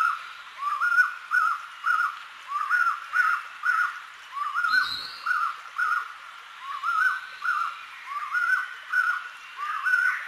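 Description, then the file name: Collared puffbird song: a long, steady series of nasal two-part notes repeated at a quick, even pace. "Canto do rapazinho de colar"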